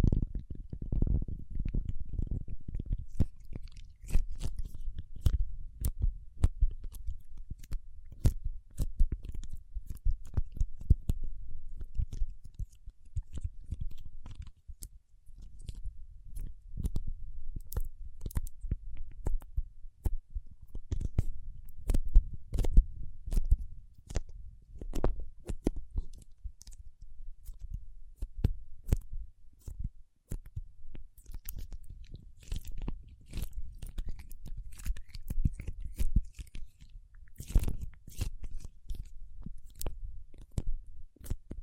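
Paraffin wax being peeled, tapped and scratched, with a steady stream of small crackling, crunchy clicks that runs for the whole span. Low thuds and rubbing sit under many sharp ticks, with a few louder snaps near 5, 25 and 37 seconds.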